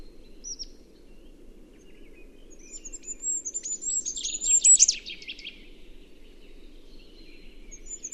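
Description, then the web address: Bird calls: thin, very high whistled notes, then a brief burst of fast, rapidly repeated descending notes near the middle, with faint background noise behind. "Bird Only"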